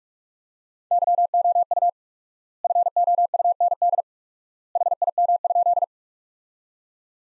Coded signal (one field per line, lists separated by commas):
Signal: Morse code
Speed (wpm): 47 wpm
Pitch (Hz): 700 Hz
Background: none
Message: YOU FOUND HIM?